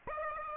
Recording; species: mosquito wingbeat signal from an infrared sensor; Aedes aegypti